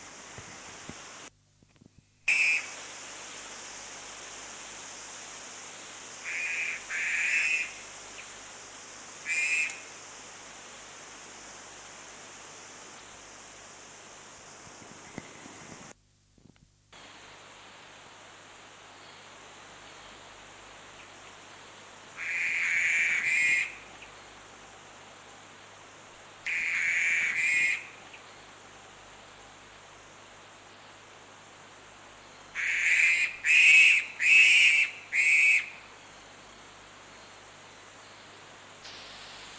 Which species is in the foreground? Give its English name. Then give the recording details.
Black-collared Starling. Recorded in captivity. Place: Tierpark Berlin, Berlin, DE. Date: 2004-09-14 18:24. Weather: sunny, 20°C. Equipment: Sony WM-D6C, Sennheiser ME 80, Kopie Uher 4000 Report Monitor. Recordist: Tembrock, Günter